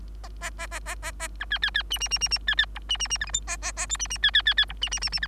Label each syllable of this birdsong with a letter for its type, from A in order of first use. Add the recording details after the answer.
A A A A A A A B C C C D D D D D C C E D D D F G H A A A I D D C C C C E D D D D F. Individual Bird3